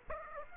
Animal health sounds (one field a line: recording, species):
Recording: mosquito wingbeat signal from an infrared sensor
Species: Aedes aegypti